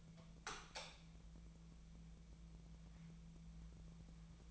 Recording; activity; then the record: daily activity, microphone in the room; light on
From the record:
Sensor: 1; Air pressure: 1000.1 hPa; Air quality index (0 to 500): 129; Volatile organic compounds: 2 ppm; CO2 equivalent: 1222 ppm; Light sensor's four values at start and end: 29/74/31/37 and 32/87/35/42